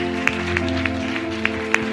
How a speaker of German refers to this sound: Und wir geben ihm mal einen kräftigen Applaus.